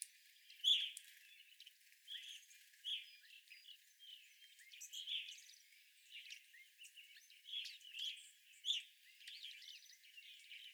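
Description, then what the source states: Evening grosbeaks giving scattered, fairly faint chirps at irregular intervals. Several evening grosbeaks, recorded 25 April 2021.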